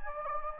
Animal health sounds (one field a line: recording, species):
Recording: mosquito wingbeat signal from an infrared sensor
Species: Anopheles gambiae